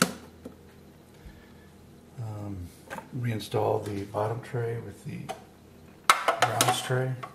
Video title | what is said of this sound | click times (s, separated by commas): Tchibo Coffee Machine Cleaning Process | then essentially you can put the door back on which clicks | 0.0 s